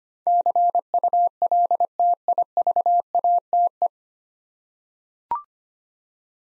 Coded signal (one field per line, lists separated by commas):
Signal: Morse code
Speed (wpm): 25 wpm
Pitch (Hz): 700 Hz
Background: none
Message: CULTIVATE